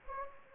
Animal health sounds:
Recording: mosquito wingbeat signal from an infrared sensor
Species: Anopheles gambiae

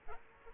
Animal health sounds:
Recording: mosquito wingbeat signal from an infrared sensor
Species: Aedes aegypti

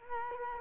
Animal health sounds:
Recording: mosquito wingbeat signal from an infrared sensor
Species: Culex quinquefasciatus

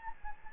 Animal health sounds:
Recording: mosquito wingbeat signal from an infrared sensor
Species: Anopheles gambiae

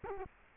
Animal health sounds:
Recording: mosquito wingbeat signal from an infrared sensor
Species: Culex quinquefasciatus

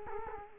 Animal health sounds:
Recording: mosquito wingbeat signal from an infrared sensor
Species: Culex quinquefasciatus

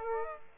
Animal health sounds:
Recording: mosquito wingbeat signal from an infrared sensor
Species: Aedes aegypti

